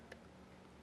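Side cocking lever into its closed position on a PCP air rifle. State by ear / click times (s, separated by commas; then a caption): seated / 0.1 s. The side cocking lever of a Bocap FX Royale PCP air rifle is pushed forward until it goes fully home and locks closed, chambering the pellet. A single sharp tick is heard at 0.1 s over a faint steady background. The lever is fully locked, so the rifle is ready to fire.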